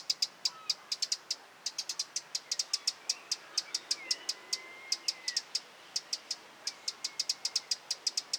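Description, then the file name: Eurasian wren delivering loud dry clicks in rapid irregular bursts, with a drawn-out whistled note from another bird near the middle. "Troglodytes troglodytes"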